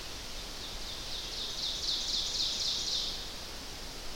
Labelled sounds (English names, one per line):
Ovenbird song